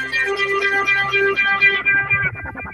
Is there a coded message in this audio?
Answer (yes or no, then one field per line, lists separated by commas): no